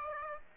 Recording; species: mosquito wingbeat signal from an infrared sensor; Aedes aegypti